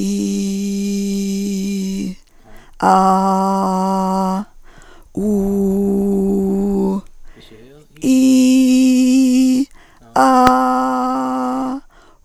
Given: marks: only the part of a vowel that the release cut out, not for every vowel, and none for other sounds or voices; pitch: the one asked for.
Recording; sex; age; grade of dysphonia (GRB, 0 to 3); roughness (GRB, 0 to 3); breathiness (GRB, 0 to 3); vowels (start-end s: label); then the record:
sustained vowels; female; 50 to 59 years; 2; 2; 1
0.00-1.90 s: vowel /i/, normal pitch
2.96-4.24 s: vowel /a/, normal pitch
5.32-6.74 s: vowel /u/, normal pitch
8.15-9.52 s: vowel /i/, high pitch
10.51-11.71 s: vowel /a/, high pitch
From the record:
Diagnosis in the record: hyperfunctional dysphonia, Reinke's edema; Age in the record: 59 years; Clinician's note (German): Zustand nach Abtragung